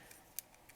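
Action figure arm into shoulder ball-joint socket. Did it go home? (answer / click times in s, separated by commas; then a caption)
yes / 0.4 s. The plastic arm of a Black Hole Toys Final Battle Ver. Jiren action figure is lined up and pushed onto its ball joint in the shoulder socket. It seats with a sharp, bright click at 0.4 s, with fainter ticks around it at 0.1, 0.5 and 0.7 s. The arm is seated in the socket.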